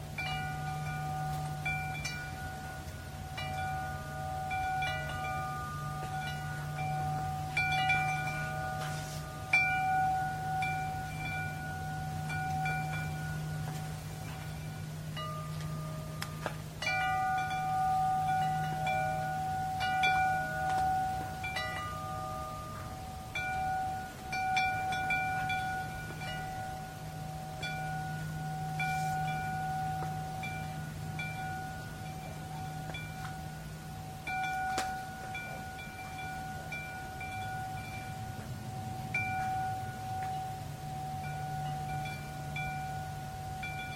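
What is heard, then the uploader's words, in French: Metal chimes ring steadily and overlap, their bright sustained tones hanging in the air over a low rumbling hum, with occasional sharper strikes. Carillon en métal.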